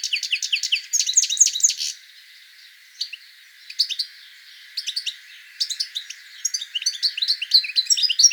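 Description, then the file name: European goldfinch calling, bursts of high liquid twitters broken by short pauses, with scattered single chirps between the busier phrases. "Carduelis carduelis"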